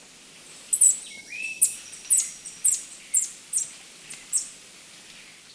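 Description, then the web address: Beryl-spangled Tanager calls: a series of very high, thin chips repeated about twice per second, with a brief lower whistled tone early on and a soft background hiss. Recorded in Ecuador. "Birds of Ecuador. Beryl-spangled Tanager"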